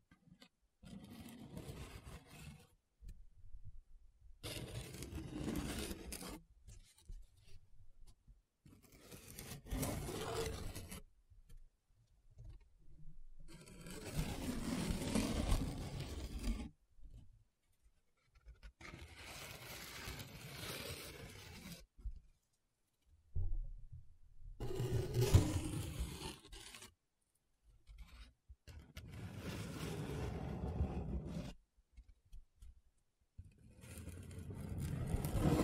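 Paper being rubbed and scratched in repeated strokes, each lasting two to four seconds and separated by short silences. The strokes are rough and grainy, with a heavy low rustle and a thin bright hiss, some swelling louder around the middle and end.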